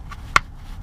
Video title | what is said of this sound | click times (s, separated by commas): How to replace Air filter,PCV valve and Air breather on Dodge Dakota | you'll hear it pop, and then you can take the other hose, same thing, | 0.4 s